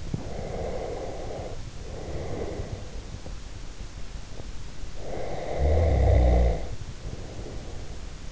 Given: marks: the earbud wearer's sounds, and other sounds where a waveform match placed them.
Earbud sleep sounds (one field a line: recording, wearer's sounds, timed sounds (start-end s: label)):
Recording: sounds in sleep by an in-ear microphone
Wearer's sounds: snoring breath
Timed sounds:
0.19-2.99 s: snoring breath
4.94-8.31 s: snoring breath